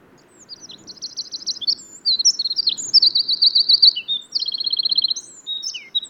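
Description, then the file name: Eurasian wren song of rapid, ringing trills and high chips sustained for around six seconds above a steady low rumbling background. "Troglodytes troglodytes"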